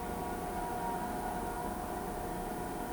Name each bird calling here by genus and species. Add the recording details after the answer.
none. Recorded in pastures near Pivijay, Magdalena, Colombia, on 13 April 2023 at 18:00. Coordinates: 10.456, -74.369. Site P6-G026